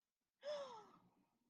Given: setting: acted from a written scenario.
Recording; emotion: vocal sound without words; awe